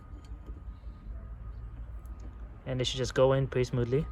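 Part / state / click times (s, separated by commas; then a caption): power cable connector into its mating connector inside a pallet jack scale / not seated / none. A power cable connector and its mating connector inside a pallet jack scale have their two halves lined up by the notch and clamp before being pushed together. Only faint handling sounds are heard, then someone talks from about 2.7 s. Nothing has clicked or seated yet.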